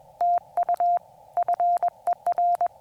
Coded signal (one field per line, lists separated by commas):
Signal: Morse code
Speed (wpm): 21 wpm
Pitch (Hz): 700 Hz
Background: none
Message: TU FER